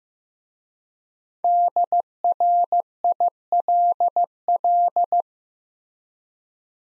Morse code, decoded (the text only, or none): DRILL